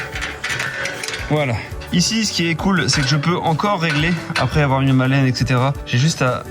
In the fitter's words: Donc en gros, ça se clipse comme ça.